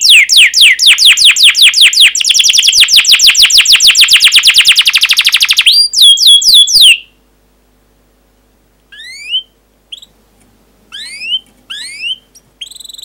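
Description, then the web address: Canary song with a long rapid run of sweeping whistled notes for about seven seconds, then near silence broken by a few scattered chirps. Long canary song recording used as a lure or training recording for teaching other canaries. "kenari pancingan panjang. masteran kenari"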